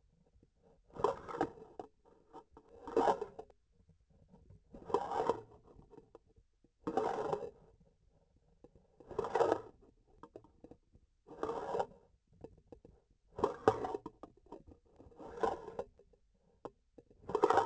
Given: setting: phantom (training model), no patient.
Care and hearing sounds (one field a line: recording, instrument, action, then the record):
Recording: laparoscopic instrument, vibration sensor on the handle end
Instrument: grasping forceps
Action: approaching and retracting movements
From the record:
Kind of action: spatial motion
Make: Olympus